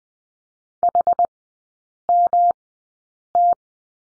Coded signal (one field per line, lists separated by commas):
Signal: Morse code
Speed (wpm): 20 wpm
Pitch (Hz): 700 Hz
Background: none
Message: HMT